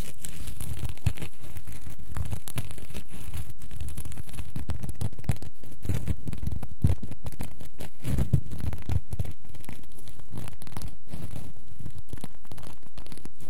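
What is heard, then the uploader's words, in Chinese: Scratching continues for the whole clip as a dense run of quick, rough strokes that barely pause. Level stays even throughout. A dull lower rumble swells now and then, most clearly around the sixth and eighth seconds, under a papery, tearing edge. 抓挠声。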